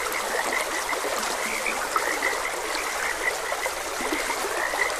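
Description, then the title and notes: Frogs: many calling together with brief repeated croaks, heard over an unbroken hiss of running water. Frogs croaking beside a gentle stream. "Gentle Stream and Frogs Croaking. Sleep and Relaxation Podcast"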